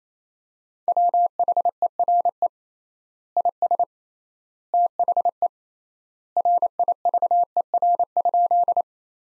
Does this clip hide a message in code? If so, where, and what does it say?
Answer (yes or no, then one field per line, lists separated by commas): yes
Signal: Morse code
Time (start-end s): 0.9-8.8 s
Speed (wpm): 27 wpm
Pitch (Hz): 700 Hz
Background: none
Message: WHERE IS THE RIVER?